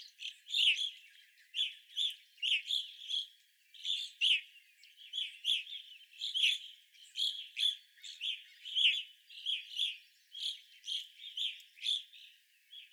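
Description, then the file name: Evening grosbeaks calling steadily, loud clear chirps repeated throughout in a lively chatter. Several evening grosbeaks recorded on 25 April 2021. "2021-04-25 Evening Grosbeaks"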